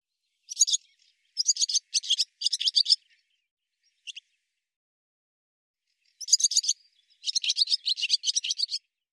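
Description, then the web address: Barn swallow chattering calls in quick scratchy bursts, a pause with one faint note, then a longer, busier run of twittering to the end; nothing else heard. "cianscape birddata Deverinetal 2025"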